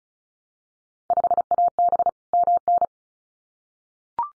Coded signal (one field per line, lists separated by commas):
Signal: Morse code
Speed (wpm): 36 wpm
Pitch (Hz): 700 Hz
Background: none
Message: 5AB MN